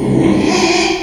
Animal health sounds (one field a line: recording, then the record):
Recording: squeal of a Yucatan mini pig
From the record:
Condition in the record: after surgery on the right vocal fold (resection and tissue-engineered implant)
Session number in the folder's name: 2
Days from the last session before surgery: 13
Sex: male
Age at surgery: 12 weeks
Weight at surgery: 13 kg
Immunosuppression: cyclosporine, prednisolone